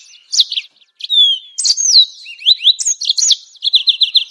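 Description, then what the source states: Bird song mixing clear whistles, including a long falling whistle, then sliding notes and a final run of about five quick repeated notes. Masteran: training songs for cage birds.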